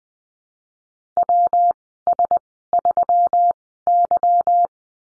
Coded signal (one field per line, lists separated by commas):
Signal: Morse code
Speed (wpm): 20 wpm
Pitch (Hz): 700 Hz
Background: none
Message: W S 3 Y